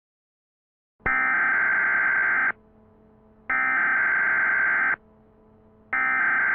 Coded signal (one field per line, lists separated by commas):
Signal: Emergency Alert System (SAME) tones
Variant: header bursts